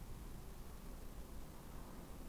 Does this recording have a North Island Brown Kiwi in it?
no